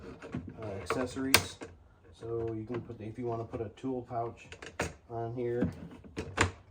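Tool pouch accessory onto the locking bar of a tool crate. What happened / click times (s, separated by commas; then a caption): The accessory is being handled and has not yet locked onto the bar / none. Someone talks while handling a tool pouch accessory at the plastic locking bar of a ToughBuilt StackTech tool crate, with a few brief handling knocks. The pouch has not yet locked onto the bar; nothing has seated or clicked yet.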